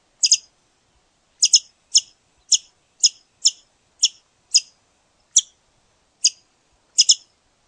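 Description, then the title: Scimitar-billed woodcreeper calling: a series of eleven very high, sharp chips, some doubled, at uneven intervals of about half a second to just over a second, otherwise quiet. "LuckyPassaro Completos2Sama. Scimitar-billed Woodcreeper (Drymornis bridgesii)"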